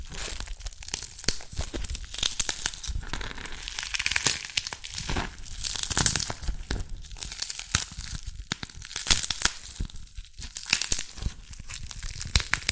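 Dalgona candy being tapped and cracked, a dense, irregular run of sharp, bright crackles and crunches that continues for the whole stretch.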